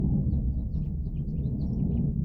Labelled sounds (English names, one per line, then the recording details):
House Finch song
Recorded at Hewlett Neck on Long Island, New York, on 10 June 1975
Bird A